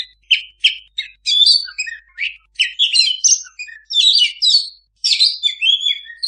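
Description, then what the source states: Oriental magpie-robin singing, opening with several separate sharp chips, then breaking into a dense, varied warble of whistles and buzzy notes. Singing kacer in lively gacor song, a master recording for owners of kacer that do not sing.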